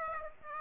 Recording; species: mosquito wingbeat signal from an infrared sensor; Aedes aegypti